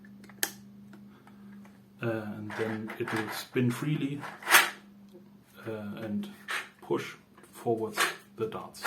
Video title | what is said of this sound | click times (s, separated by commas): SUPER DRUM 70 Build And Loading Tutorial | and it will lock in. It'll have a nice click. | 0.4 s